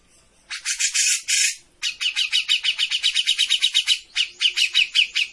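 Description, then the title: Grey-cheeked bulbul song, a rough burst followed by a quick, even series of chattering notes. Bird-training master recording (masteran) of a cucak jenggot in full song (gacor). "Cucak Jenggot Gacor. Masteran burung cucak jenggot ! Suaka burung"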